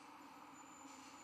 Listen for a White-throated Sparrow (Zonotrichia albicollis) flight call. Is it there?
no